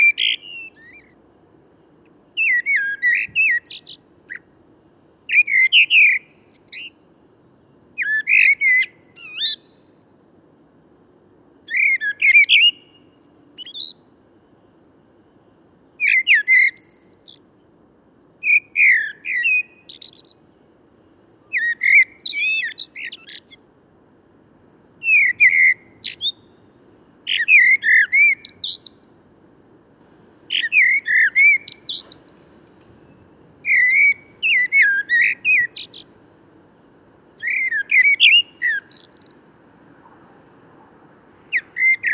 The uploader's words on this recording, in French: Bois de Vincennes - Paris - Nagra seven - Parabole Wildtronic - MONO. Enregistrements réalisés au lever du jour en mono avec une parabole américaine Wildtronic. Le fond sonore est présent mais les circonstances celles que l'on peut rencontrer dans beaucoup de parcs et jardins. Le chant d'un Merle noir ( Turdus merula) et celui de la Grive musicienne (Turdus philomelos).